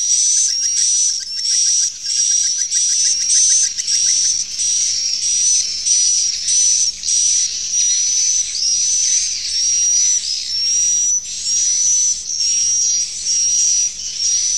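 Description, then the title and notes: Swiftlet chirping calls in repeated bursts about every two seconds, each a busy cluster of high twitters and thin whistled notes over a continuous high chatter. Swiftlet sound used in swiftlet farming in Asia. "Swiflet Bird Sound. Farming Swiflet Bird asia sound"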